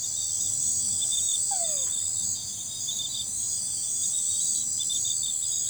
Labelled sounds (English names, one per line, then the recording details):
none
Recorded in forest near Pivijay, Magdalena, Colombia, on 16 April 2023 at 23:00
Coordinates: 10.467, -74.380
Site Z5-G034